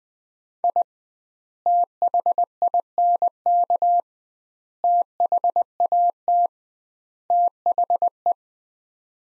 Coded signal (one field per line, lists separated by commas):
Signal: Morse code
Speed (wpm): 20 wpm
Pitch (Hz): 700 Hz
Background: none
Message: I THINK THAT THE